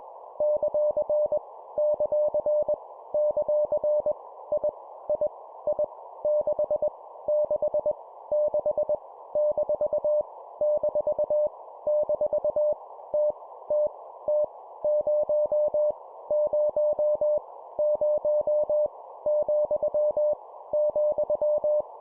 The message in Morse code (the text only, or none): ; ; ; I I I 6 6 6 - - - T T T 0 0 0 , ,